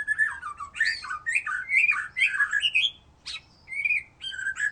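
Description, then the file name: White-rumped shama song of rich, melodious slurred whistles that rise and fall in quick succession, followed by a sharp note and a few short whistled phrases. "murai batu"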